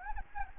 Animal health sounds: mosquito wingbeat signal from an infrared sensor; Anopheles gambiae

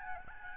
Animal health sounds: mosquito wingbeat signal from an infrared sensor; Aedes albopictus

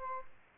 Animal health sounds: mosquito wingbeat signal from an infrared sensor; Aedes albopictus

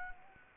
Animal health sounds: mosquito wingbeat signal from an infrared sensor; Anopheles arabiensis

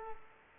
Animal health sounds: mosquito wingbeat signal from an infrared sensor; Culex quinquefasciatus

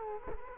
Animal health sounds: mosquito wingbeat signal from an infrared sensor; Culex quinquefasciatus

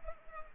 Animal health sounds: mosquito wingbeat signal from an infrared sensor; Culex pipiens

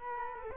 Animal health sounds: mosquito wingbeat signal from an infrared sensor; Culex quinquefasciatus

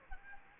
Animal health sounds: mosquito wingbeat signal from an infrared sensor; Aedes aegypti

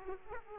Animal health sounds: mosquito wingbeat signal from an infrared sensor; Aedes aegypti

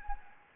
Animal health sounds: mosquito wingbeat signal from an infrared sensor; Anopheles gambiae

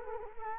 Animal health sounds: mosquito wingbeat signal from an infrared sensor; Culex quinquefasciatus

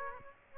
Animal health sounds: mosquito wingbeat signal from an infrared sensor; Aedes aegypti

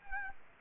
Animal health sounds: mosquito wingbeat signal from an infrared sensor; Anopheles gambiae

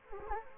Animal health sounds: mosquito wingbeat signal from an infrared sensor; Anopheles gambiae

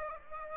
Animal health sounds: mosquito wingbeat signal from an infrared sensor; Aedes aegypti

